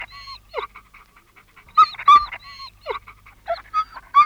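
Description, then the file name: Dog yelping anxiously: high, wavering whines and sharp yelps in irregular bursts. "Angstig janken van een hond - Sound Cloud - Beeld en Geluid"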